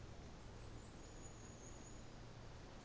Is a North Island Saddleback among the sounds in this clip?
no